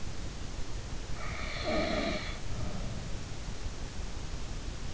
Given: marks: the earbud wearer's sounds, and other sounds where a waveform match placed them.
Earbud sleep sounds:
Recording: sounds in sleep by an in-ear microphone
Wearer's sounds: snoring breath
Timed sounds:
1.44-3.13 s: snoring breath

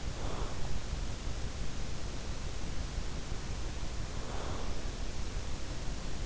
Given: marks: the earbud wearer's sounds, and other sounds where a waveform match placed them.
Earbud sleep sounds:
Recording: sounds in sleep by an in-ear microphone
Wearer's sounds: breath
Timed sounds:
0.00-0.77 s: breath
3.98-4.81 s: breath

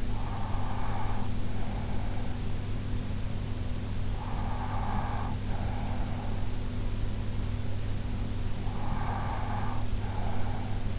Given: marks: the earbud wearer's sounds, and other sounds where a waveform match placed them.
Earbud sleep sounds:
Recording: sounds in sleep by an in-ear microphone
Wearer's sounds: breath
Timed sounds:
0.00-2.84 s: breath
4.10-6.39 s: breath
8.62-10.98 s: breath

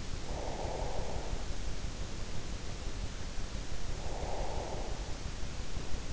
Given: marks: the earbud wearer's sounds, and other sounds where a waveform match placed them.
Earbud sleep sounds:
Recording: sounds in sleep by an in-ear microphone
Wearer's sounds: breath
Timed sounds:
0.13-2.12 s: breath
4.02-5.61 s: breath

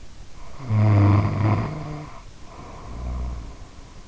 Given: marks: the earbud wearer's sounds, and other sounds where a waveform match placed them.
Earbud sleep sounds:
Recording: sounds in sleep by an in-ear microphone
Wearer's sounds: snoring breath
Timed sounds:
0.36-3.88 s: snoring breath

